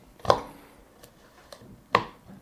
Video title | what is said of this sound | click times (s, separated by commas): DeWalt DCM561P 20v Cordless Trimmer Assembly Spool Head Replacement & Rebuild | And you should hear a click, and then you can pull the spool head out. | 1.9 s